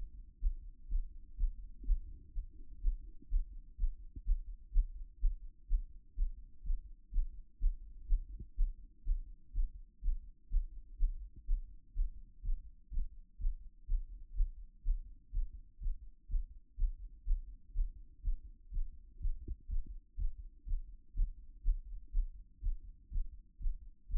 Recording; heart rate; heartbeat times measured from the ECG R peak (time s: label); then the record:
heart sounds by stethoscope; 124 bpm
0.40 s: heartbeat
0.89 s: heartbeat
1.37 s: heartbeat
1.85 s: heartbeat
2.33 s: heartbeat
2.81 s: heartbeat
3.29 s: heartbeat
3.77 s: heartbeat
4.25 s: heartbeat
4.72 s: heartbeat
5.20 s: heartbeat
5.68 s: heartbeat
6.15 s: heartbeat
6.63 s: heartbeat
7.11 s: heartbeat
7.59 s: heartbeat
8.07 s: heartbeat
8.56 s: heartbeat
9.04 s: heartbeat
9.53 s: heartbeat
10.01 s: heartbeat
10.49 s: heartbeat
10.97 s: heartbeat
11.46 s: heartbeat
11.94 s: heartbeat
12.42 s: heartbeat
12.90 s: heartbeat
13.38 s: heartbeat
13.86 s: heartbeat
14.35 s: heartbeat
14.83 s: heartbeat
15.32 s: heartbeat
15.80 s: heartbeat
16.28 s: heartbeat
16.76 s: heartbeat
17.25 s: heartbeat
17.73 s: heartbeat
18.22 s: heartbeat
18.71 s: heartbeat
19.19 s: heartbeat
19.68 s: heartbeat
20.17 s: heartbeat
20.65 s: heartbeat
21.14 s: heartbeat
21.63 s: heartbeat
22.12 s: heartbeat
22.61 s: heartbeat
23.10 s: heartbeat
23.59 s: heartbeat
24.08 s: heartbeat
From the record:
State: after exercise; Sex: female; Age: 26 years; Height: 180 cm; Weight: 85 kg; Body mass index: 26.23